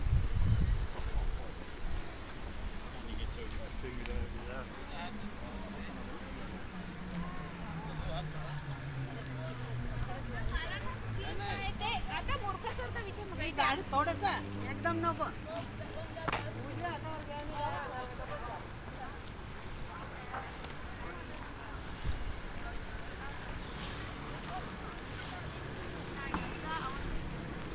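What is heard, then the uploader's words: Walking outdoors in a city, with a low engine sweeping past mid-clip, scattered voices, footsteps and steady street hum throughout. A binaural field recording from this past June in Amsterdam.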